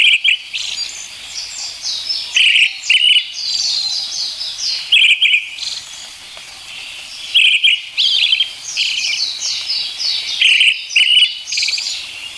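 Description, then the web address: Brown-headed thrush song: short loud two-note phrases repeated every few seconds, with busy high twittering filling the gaps. "sikioto. akahara"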